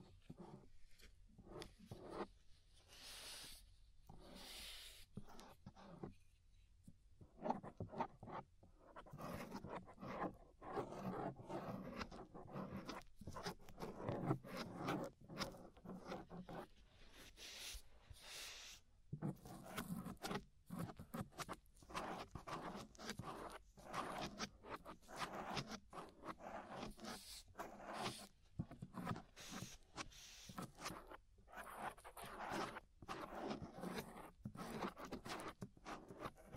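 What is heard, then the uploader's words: Scraping sounds at the inner and outer ear, a dense run of rough, rasping strokes that fill most of the clip. The first eight seconds are sparser, with short pauses between bursts. After that the strokes come quickly and irregularly, with sharp crackles and brighter scratches on top. Inner and Outer Ear Scraping (No Talking).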